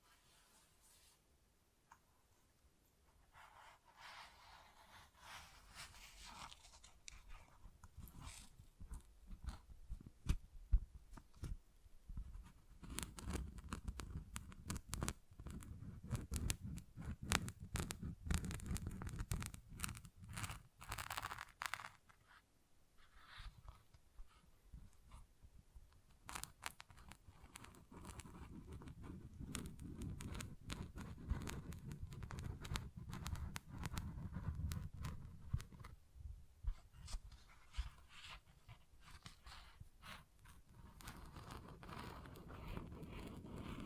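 Tapping and scratching on textured surfaces, made of dense clusters of quick, sharp clicks. Bursts of scratchy rubbing swell and fade, strongest around the middle and again toward the end, with quieter pauses near the start and around twenty-five seconds.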